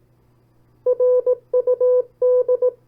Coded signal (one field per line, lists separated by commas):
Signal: Morse code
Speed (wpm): 18 wpm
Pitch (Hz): 500 Hz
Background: none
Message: RUD